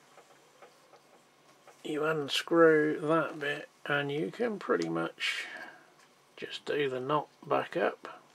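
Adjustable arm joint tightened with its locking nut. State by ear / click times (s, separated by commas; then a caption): not seated / none. Someone talks about the locking nut on an adjustable clamp arm for a camera or light, explaining that it unscrews, the arm can be repositioned, and the nut is done back up. A few faint ticks come before the speech. The clip ends before the arm joint is tightened, so nothing has seated or clicked yet.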